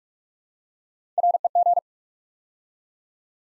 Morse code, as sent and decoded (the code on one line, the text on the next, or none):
.-. . --.
REG